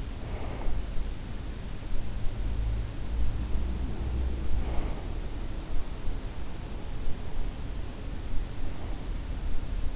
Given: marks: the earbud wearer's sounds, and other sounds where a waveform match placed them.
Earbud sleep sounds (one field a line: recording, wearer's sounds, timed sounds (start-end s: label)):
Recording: sounds in sleep by an in-ear microphone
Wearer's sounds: breath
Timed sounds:
0.00-0.77 s: breath